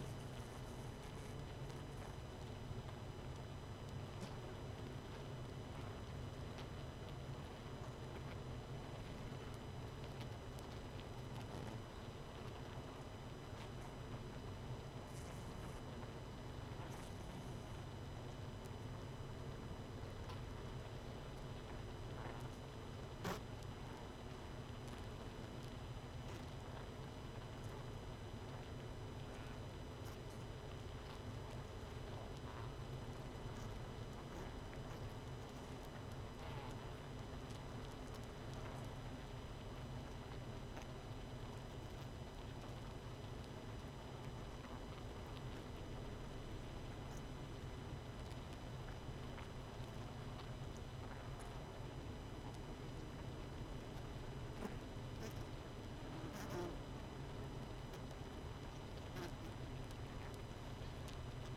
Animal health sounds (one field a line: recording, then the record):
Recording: honeybee colony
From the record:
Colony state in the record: missing queen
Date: 31 May 2018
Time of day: 21:43